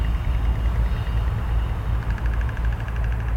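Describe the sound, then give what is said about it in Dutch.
Overwintering storks clatter their bills in a rapid, rhythmic run of dry wooden clacks that starts partway through, heard during the national winter stork count in the Netherlands, over a steady low rumble like an idling engine. “Ik hoor geklepper.”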